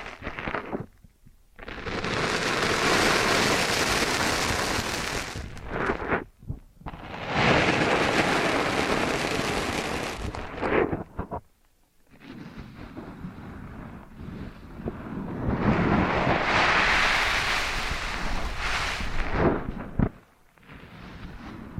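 Ear cleaning with kinetic sand, in four long dense crackling swells of rough scraping, each broken by brief quiet gaps.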